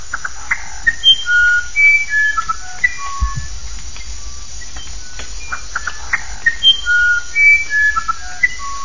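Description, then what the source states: Musician wren song: pure, flute-like whistled notes at changing pitches, some sliding, spaced irregularly over a steady background hiss, with one brief low thump. Small bird of Amazon rainforest undergrowth; song naturally contains perfect fifths, octaves and other harmonic intervals, with fluted passages resembling classical melodies.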